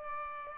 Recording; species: mosquito wingbeat signal from an infrared sensor; Aedes aegypti